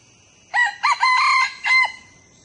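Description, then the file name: Red junglefowl giving a single crow in four segments, the middle one longest and steady, ending in a short downturned note. Young male crowing. "ไก่ป่าหนุ่มขัน"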